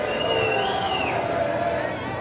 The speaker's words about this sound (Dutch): En ook al zijn we hier maar met, ik denk 100, hooguit 100 mensen. Je hoort het gejuich.